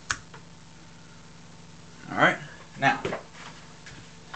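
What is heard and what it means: The spring-loaded ejection port dust cover on an AR-15 rifle's upper receiver is closed and latches shut with a sharp snap at 0.1 s. A few faint small clicks follow, then someone talks briefly near the middle of the clip.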